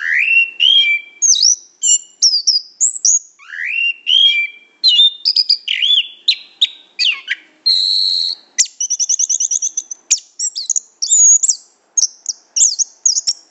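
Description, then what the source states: Lovebird chatter: varied shrill chirps, rising and falling squeaks and a rapid buzzy trill midway, delivered almost without pause throughout. Lovebird calls used as a lure to attract lovebirds.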